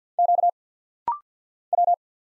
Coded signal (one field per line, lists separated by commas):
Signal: Morse code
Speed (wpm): 50 wpm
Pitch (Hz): 700 Hz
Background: none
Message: Q W